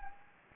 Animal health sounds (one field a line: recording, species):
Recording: mosquito wingbeat signal from an infrared sensor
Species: Anopheles gambiae